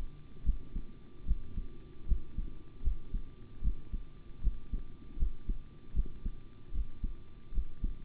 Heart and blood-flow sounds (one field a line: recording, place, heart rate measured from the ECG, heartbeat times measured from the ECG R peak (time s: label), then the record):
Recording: heart sounds by stethoscope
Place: between the tricuspid and mitral areas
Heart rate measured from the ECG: 76 bpm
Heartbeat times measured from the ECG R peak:
0.44 s: heartbeat
1.25 s: heartbeat
2.06 s: heartbeat
2.82 s: heartbeat
3.62 s: heartbeat
4.41 s: heartbeat
5.17 s: heartbeat
5.94 s: heartbeat
6.72 s: heartbeat
7.52 s: heartbeat
From the record:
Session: rest, sitting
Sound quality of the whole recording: good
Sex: male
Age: 25 years